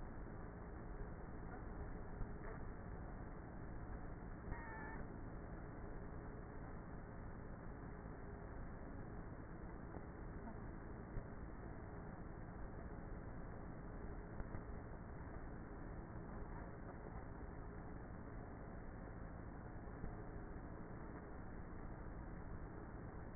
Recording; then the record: honeybee colony, microphone inside the hive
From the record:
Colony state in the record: queenless with a low population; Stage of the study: before two queens were removed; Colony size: about 30,000 bees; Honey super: no